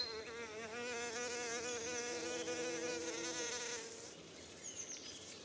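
Bumblebee flight buzz, a steady droning hum with slightly wavering pitch for about four seconds, then fading away.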